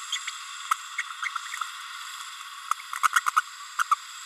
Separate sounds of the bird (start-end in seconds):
0.12-0.18, 0.98-1.03, 1.21-1.29, 1.35-1.38, 3.03-3.08, 3.15-3.20, 3.27-3.31, 3.36-3.41, 3.78-3.83, 3.91-3.95